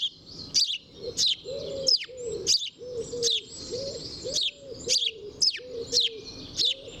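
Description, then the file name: House sparrow giving repeated sharp, bright chirps, with dove cooing beneath them. "Passer domesticus"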